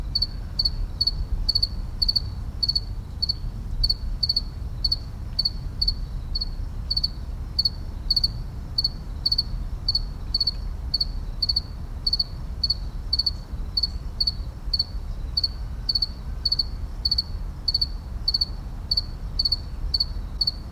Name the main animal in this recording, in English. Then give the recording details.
House Cricket. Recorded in captivity. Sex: male. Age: imago. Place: Tiergarten Schönbrunn, AT. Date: 1994-09-28 17:30. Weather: bedeckt, 22°C. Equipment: Marantz CP 430, Sennheiser ME 80, Kopie Uher Variocord 263. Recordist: Tembrock, Günter. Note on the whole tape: Stridulation (ca. 20 °C) - zuletzt sehr gut; an Mülltonne